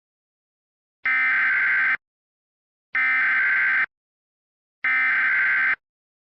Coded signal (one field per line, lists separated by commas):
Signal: Emergency Alert System (SAME) tones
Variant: header bursts